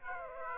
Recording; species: mosquito wingbeat signal from an infrared sensor; Aedes aegypti